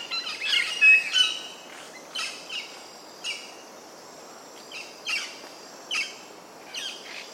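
Double-eyed fig parrot calls: short, sharp high-pitched bursts of squeaky notes at irregular intervals.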